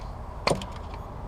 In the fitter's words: and just give it a push to hear it snap into place there's